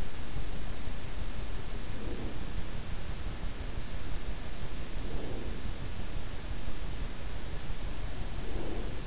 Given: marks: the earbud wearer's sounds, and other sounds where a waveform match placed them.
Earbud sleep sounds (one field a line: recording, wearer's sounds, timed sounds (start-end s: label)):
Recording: sounds in sleep by an in-ear microphone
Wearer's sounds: breath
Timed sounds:
1.88-2.53 s: breath
4.89-5.76 s: breath
8.45-9.03 s: breath